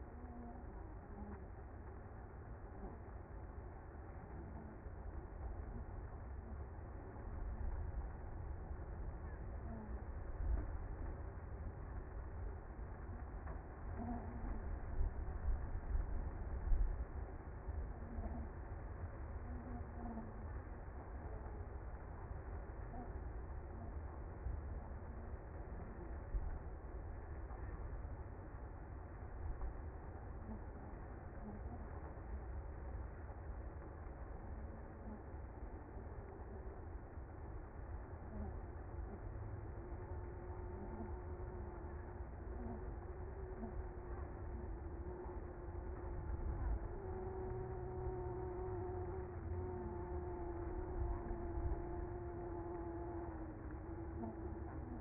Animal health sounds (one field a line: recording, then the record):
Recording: honeybee colony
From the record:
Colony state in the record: active